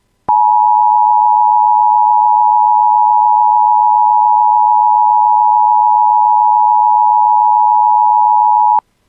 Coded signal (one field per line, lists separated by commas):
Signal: Emergency Alert System (SAME) tones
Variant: 853 and 960 Hz attention tone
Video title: [EAS] Second Severe Thunderstorm Warning for the Bemidji Area (8/7/26)